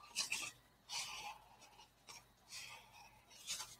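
A plastic marker cap is handled near the marker body; this comes after drawing stripes and before the cap is pressed back on. Bursts of rasping, rubbing sound, like a marker stroking a surface, come and go, with a sharp peak near 0.3 s. Nothing has seated or clicked yet.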